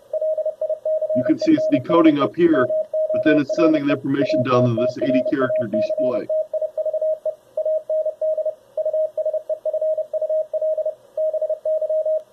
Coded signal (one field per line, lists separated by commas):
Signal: Morse code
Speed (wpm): 30 wpm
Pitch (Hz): 620 Hz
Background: speech, radio noise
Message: LICENSE MORE ATTRACTIVE AND USEFUL BY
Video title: Having Fun With Morse Code- 03/30/2023